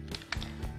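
During transformation of a Transformers Legacy Evolution Voyager Class Metalhawk plastic robot toy, the plastic wing or arm piece is pushed onto a connection point on the body and clipped shut. Light plastic taps and handling clicks surround a sharp plastic snap at 0.3 s as the wing piece seats into place.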